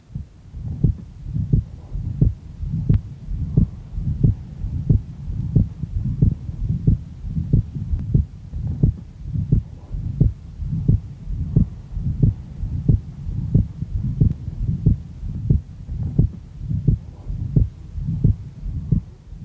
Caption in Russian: Затем запись, сделанная над легочной артерией. У мальчика 9 лет с врожденным дефектом межпредсердной перегородки. Обратите внимание на акцент и расщепление второго тона.